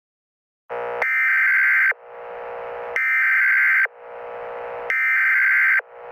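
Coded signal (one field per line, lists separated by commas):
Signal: Emergency Alert System (SAME) tones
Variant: header bursts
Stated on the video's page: Fictional EAS scenario, not a real alert.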